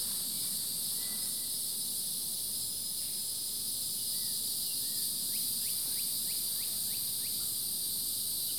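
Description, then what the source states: Insect chorus as a dense, steady high-pitched trill filling the upper register throughout, with a few faint chirps toward the end. Summer chorus.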